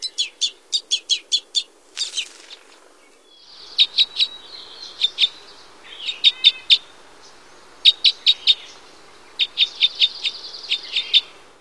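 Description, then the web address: Red crossbill calls: a fast burst of about eight sharp notes, then several shorter clusters of notes. "Songs of Birds of North America Stokes. Red Crossbill"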